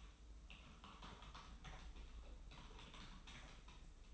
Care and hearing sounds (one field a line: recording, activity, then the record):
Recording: daily activity, microphone in the room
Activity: typing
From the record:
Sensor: 1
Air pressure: 991.0 hPa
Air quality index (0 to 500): 126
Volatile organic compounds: 290 ppm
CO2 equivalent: 4458 ppm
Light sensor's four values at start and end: 23/56/23/26 and 23/56/23/26